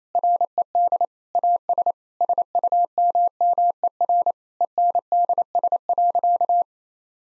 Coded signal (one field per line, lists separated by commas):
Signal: Morse code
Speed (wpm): 28 wpm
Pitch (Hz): 700 Hz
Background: none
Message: RED AS SUMMER ENDS.